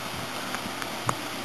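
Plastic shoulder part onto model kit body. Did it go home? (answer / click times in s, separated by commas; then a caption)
yes / 1.1 s. A plastic shoulder part is pressed onto the body of a BB Senshi Sangokuden Liu Bei Gundam model kit over steady low background noise, with faint small taps at about 0.6 and 0.8 seconds. A sharp, bright click at 1.1 seconds marks the shoulder piece snapping into place, seated on the model.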